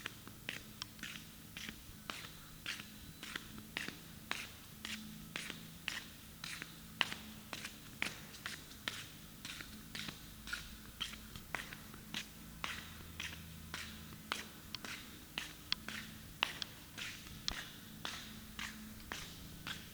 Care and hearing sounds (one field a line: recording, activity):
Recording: daily activity, guitar pickup as the sensor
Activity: walk